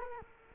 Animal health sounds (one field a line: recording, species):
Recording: mosquito wingbeat signal from an infrared sensor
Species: Culex quinquefasciatus